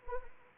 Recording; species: mosquito wingbeat signal from an infrared sensor; Anopheles arabiensis